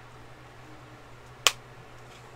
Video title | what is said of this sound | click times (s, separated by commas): Yes, I bought something I really did not need | there it's all snapped in there and then you take your scissor | 1.5 s